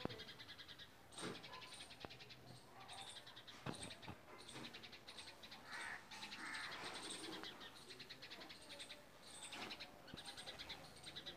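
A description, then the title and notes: Sparrows chatter almost without pause, a dense, bright layer of quick chirps running through the whole clip. Sharp, sudden cries break through now and then, near 1, 4 and 10 seconds, and a couple of softer, rounder calls sound around the middle. Squirrel sparrows and crows are crying on seeing a cat.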